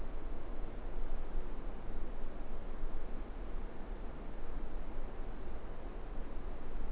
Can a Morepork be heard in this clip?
no